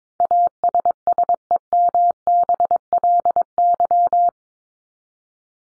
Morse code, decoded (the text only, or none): ASSEMBLY